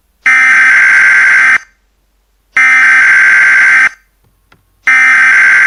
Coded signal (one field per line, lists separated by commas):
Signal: Emergency Alert System (SAME) tones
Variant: header bursts